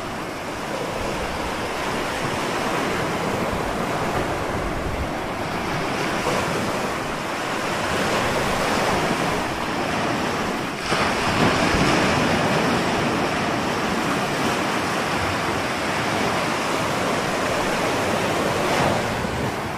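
Waves wash in a steady, dense rush of surf that swells slightly around the middle, with a brighter surge near eleven seconds.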